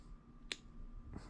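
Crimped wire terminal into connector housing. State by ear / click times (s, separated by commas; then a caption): seated / 0.5 s. A connector housing is slid onto a crimped wire terminal and clicks into place at 0.5 s, a single short, sharp click that locks the terminal in. Faint low rumble sits under the clip, with a softer broadband rustle near 1.2 s.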